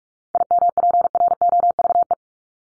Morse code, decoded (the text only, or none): IMPROVE